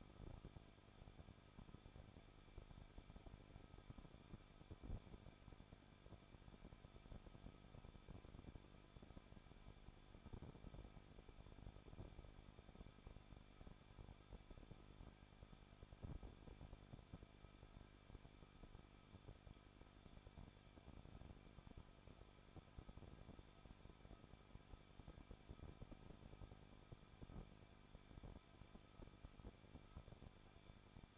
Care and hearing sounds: daily activity, microphone in the room; no activity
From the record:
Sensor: 5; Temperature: 20.7 degrees Celsius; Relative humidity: 38.6%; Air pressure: 1006.5 hPa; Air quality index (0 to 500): 192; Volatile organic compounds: 21 ppm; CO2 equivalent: 2710 ppm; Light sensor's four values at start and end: 2/3/1/1 and 2/3/1/1

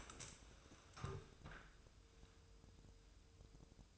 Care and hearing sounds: daily activity, microphone in the room; stand up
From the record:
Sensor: 2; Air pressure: 1005.0 hPa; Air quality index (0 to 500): 99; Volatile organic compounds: 2 ppm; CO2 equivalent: 1202 ppm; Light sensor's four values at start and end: 7/16/7/7 and 7/17/7/7

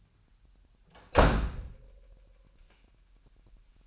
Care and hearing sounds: daily activity, microphone in the room; close door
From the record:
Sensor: 2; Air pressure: 998.3 hPa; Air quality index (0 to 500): 140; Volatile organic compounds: 4 ppm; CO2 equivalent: 1589 ppm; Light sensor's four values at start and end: 12/34/14/13 and 12/34/14/13

